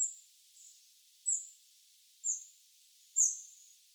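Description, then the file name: Eurasian wren giving short, sharp, very high ticking call notes, four main notes at uneven intervals of about one second, with a fainter note between them. "Troglodytes troglodytes"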